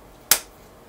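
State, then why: Seated. A battery pack is fitted onto the back of a TYT MD-380 handheld DMR radio and snaps into place. A single sharp plastic click is heard at 0.3 s and decays quickly to quiet. The battery pack is seated.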